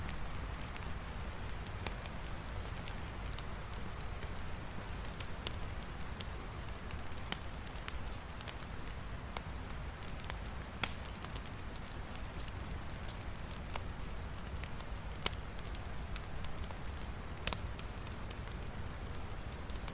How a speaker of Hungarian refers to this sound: Meg hogy elálljon az eső.